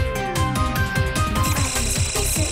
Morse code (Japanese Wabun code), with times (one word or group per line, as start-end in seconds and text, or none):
none